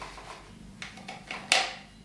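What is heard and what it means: The two halves of a locking guitar strap fastener are pushed together, seating the strap lock clip onto the guitar's strap button. A few soft taps and scrapes are heard around 0.8, 1.1 and 1.3 seconds, then one sharp, bright click at 1.5 seconds. The click locks the strap to the guitar.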